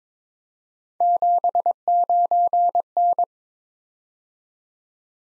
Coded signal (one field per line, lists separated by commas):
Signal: Morse code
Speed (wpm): 22 wpm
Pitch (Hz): 700 Hz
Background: none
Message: 79N